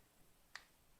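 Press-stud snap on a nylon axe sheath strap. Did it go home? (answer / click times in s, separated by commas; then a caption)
no / none. A metal press-stud snap on the nylon sheath strap of a SOG F06TN FastHawk axe is pressed closed. Only a faint, brief tick is heard around 0.6 s against quiet background, not a firm snap. The snap has not snapped shut.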